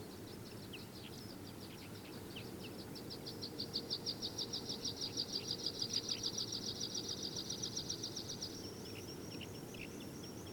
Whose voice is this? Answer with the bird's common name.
Alpine Accentor